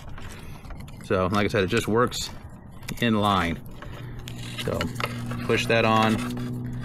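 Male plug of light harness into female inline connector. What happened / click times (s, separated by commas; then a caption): The plastic wiring connector is handled but not yet clicked home / none. Someone talks while handling the plastic male plug of a saddlebag light's inline wiring harness and moving it toward the female inline connector, on a light for a Street Glide, Road Glide or Road King. Faint handling taps are heard near 0.2, 0.7 to 0.9, 3.8, 4.3 and 6.7 seconds. Nothing has seated or clicked yet.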